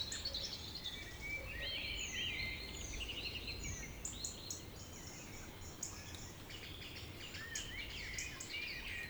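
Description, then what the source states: Birds singing, with clear whistled slurred notes and rising twitters early on, then many overlapping chirps over a constant low hum. Village birds singing in Tregastel bourg, Pleumeur-Bodou, France, around 8 pm on a humid April 2019 evening; recorded with an MKH 8040 ORTF pair, Rycote windshield and a Zoom H5.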